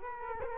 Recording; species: mosquito wingbeat signal from an infrared sensor; Culex quinquefasciatus